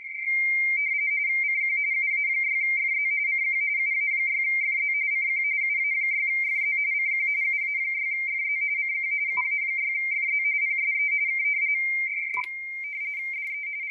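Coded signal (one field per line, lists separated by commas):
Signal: RTTY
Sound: steady high warbling two-tone chatter, rapidly flipping between close pitches, then stops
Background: faint clicks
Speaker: but also doing digital rtty yes he heard me so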